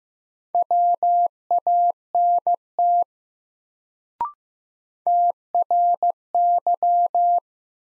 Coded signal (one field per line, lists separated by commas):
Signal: Morse code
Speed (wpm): 15 wpm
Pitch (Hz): 700 Hz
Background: none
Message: WANT TRY